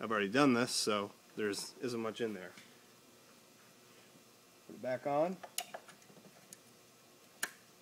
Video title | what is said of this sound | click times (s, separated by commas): Saleen VI.5 Supercharger Oil Separator | you hear the snap | 7.4 s